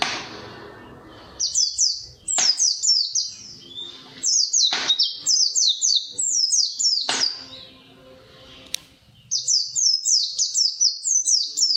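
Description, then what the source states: White-eye song: long rolling sequences of rapid high descending notes, run together in strings, with a few sharp clicks between phrases. Song style described as ngalas ngeroll.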